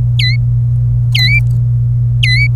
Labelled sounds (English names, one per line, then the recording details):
Domestic Canary song
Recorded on 27 April 2018 at 15:02
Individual llb3